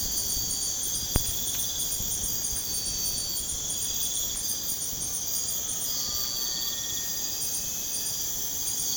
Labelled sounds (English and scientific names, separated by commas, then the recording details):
none
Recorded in pastures near Puerto Asís, Putumayo, Colombia, on 23 June 2025 at 03:00
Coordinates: 0.496, -76.326
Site GP01